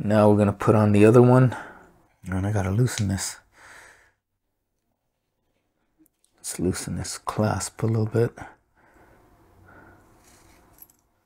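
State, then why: Seated. Someone talks while loosening the clasp on the second replacement band for a Samsung Galaxy Watch 6, then fits the band's spring bar into the smartwatch lug. Quiet handling noise follows, and the band snaps into place at about 10.8 s, seated.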